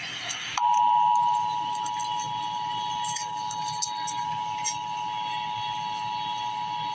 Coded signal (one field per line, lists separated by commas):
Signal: Emergency Alert System (SAME) tones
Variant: 853 and 960 Hz attention tone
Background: speech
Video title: Emergency Alert System - Special Weather Statement - Dec 25, 2025 at 7:25 AM EST